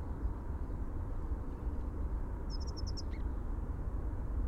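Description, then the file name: Dunnock giving a brief rapid run of several high, thin notes, followed by one short, lower downslurred note, over a steady low rumble. "Prunella modularis - Dunnock"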